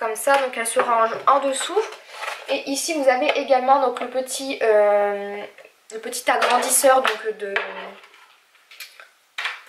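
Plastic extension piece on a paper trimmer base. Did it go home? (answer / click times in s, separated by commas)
yes / 9.4 s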